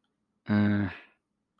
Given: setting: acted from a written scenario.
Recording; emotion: vocal sound without words; guilt